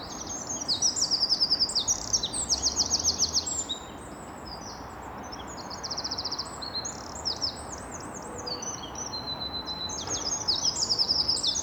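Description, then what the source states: Eurasian wren song: high, rapid trills and rattles in several bursts, against background hiss. At least two wrens singing, with trills.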